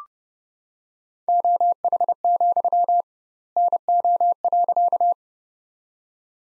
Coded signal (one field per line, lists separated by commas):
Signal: Morse code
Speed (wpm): 32 wpm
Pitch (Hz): 700 Hz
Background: none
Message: OH, NO.